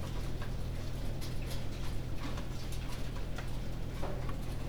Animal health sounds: poultry house recording; no chicken sound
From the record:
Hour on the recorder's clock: 20

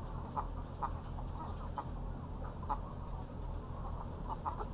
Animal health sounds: poultry house recording; sick chickens (respiratory disease)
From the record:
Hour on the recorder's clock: 0

